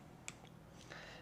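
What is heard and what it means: A fine-threaded cap on the shock body of an HR1 WORKS 1/8 racing buggy is turned backwards until its thread start drops in with a sharp click at 0.3 s, followed by a faint tick at 0.5 s and a brief scraping rustle from 0.9 s. The thread has seated and the part is ready to be wound on.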